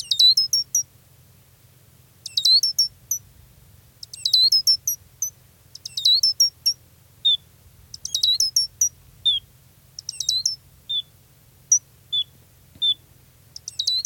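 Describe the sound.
Gray's lark calls: clustered volleys of high sharp chirps recurring about every two seconds, with spaced single whistled notes in between, mostly later, over a low steady hum.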